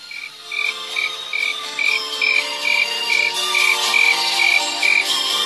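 A cricket chirps at night in a steady, evenly spaced series of about a dozen short, high-pitched pulses, set against a constant hissing chorus of other night insects or frogs. No one speaks.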